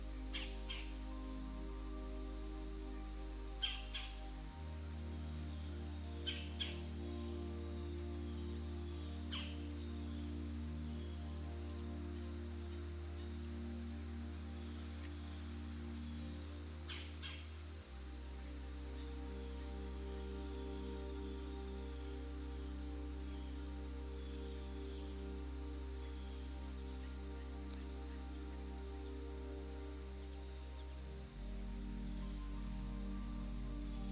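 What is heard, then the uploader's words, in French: Soft, slow music with a deep sustained drone that shifts pitch at about 5, 18 and 31 seconds, layered over forest sounds. A steady high insect trill runs throughout, with a few faint bird calls and brief rustles near the start. Plongez dans un univers où la musique apaisante se mêle aux sons de la forêt. Les murmures des feuilles et le doux chant des oiseaux.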